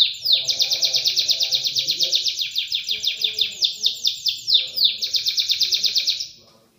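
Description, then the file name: Canary song: a long, rapid trill of sharp downward-sweeping high notes, then fading out. "kenari van helsing omkicau"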